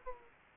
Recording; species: mosquito wingbeat signal from an infrared sensor; Aedes aegypti